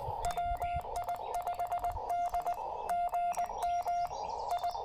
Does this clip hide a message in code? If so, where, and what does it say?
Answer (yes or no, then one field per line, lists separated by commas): yes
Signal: Morse code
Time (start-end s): 0.2-4.7 s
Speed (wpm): 19 wpm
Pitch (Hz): 700 Hz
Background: none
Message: WI5D GM I